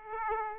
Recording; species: mosquito wingbeat signal from an infrared sensor; Aedes aegypti